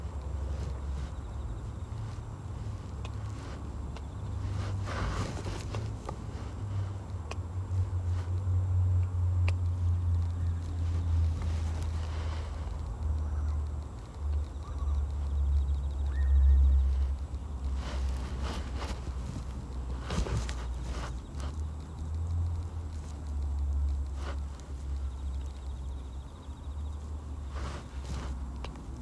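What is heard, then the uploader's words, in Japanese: Weeding a carrot patch at dusk: short rustles and snips as grass is pulled and cut, clustered around 5, 12, and 18 to 21 seconds. Beneath them runs a steady low rumble, like wind or a passing engine, throughout. ガサガサ音あり 人参除草／夕暮れ。片手にハサミを持ちながら、草を抜きつつ、大きいものはチョンチョン切っていきます。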